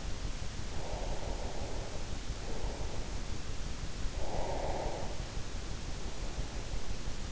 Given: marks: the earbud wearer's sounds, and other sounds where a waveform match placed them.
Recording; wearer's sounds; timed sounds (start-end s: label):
sounds in sleep by an in-ear microphone; breath
0.53-3.66 s: breath
3.94-6.78 s: breath